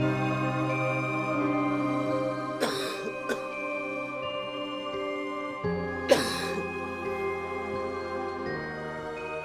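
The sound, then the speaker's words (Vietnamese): Short bursts of dry, rapid coughing break out twice, harsh and sharp, over a steady, sustained musical drone; no one speaks. It is the coughing of a story character, Long, in a dark room with a burning cigarette in hand. “Tiếng ho khan dồn dập của Long phá đi sự yên tĩnh của bầu không khí xung quanh.”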